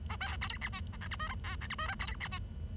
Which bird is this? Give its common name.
Bengalese Finch